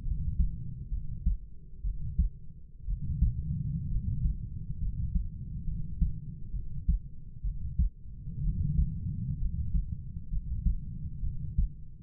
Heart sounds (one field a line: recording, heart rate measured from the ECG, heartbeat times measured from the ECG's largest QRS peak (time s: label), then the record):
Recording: heart sounds by stethoscope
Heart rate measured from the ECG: 64 bpm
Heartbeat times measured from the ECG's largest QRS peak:
0.04 s: heartbeat
0.90 s: heartbeat
1.83 s: heartbeat
2.86 s: heartbeat
3.90 s: heartbeat
4.80 s: heartbeat
5.65 s: heartbeat
6.52 s: heartbeat
7.43 s: heartbeat
8.42 s: heartbeat
9.39 s: heartbeat
10.30 s: heartbeat
11.21 s: heartbeat
From the record:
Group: healthy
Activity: rest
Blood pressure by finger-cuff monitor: 102/50 mmHg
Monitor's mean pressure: 62 mmHg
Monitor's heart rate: 66 bpm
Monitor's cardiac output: 6 L/min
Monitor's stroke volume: 90 mL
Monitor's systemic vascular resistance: 720 dyn s/cm5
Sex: male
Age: 25 years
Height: 170 cm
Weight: 70.4 kg